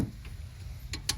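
A torque wrench tightens the 22 mm castle nut on a Chevy Trailblazer's lower ball joint stud to 42 ft-lb, with a low background hum and a faint tick near 0.3 s. Two sharp clicks from the wrench at 0.9 s and 1.1 s confirm it has reached its torque setting, before checking whether the cotter pin hole lines up.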